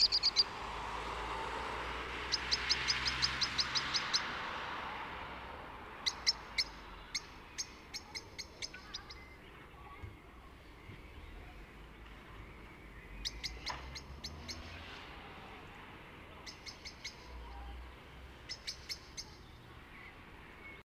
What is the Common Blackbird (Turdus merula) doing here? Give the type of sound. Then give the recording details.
alarm call. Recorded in the wild. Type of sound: alarm call. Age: adult. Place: Kaiserslautern, Rheinland-Pfalz, DE. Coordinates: 49.26, 7.45. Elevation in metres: 260. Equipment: Nagra IV, Sennheiser MKH 405, Parabolreflektor. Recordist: Tretzel, Erwin. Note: Zetern einer Amsel. Keine näheren Ortsangaben